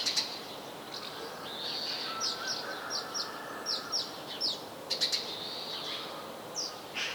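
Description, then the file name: House sparrow chirps, short and bright, scattered throughout among sliding whistles, with a steady hiss of background noise. "Passer domesticus"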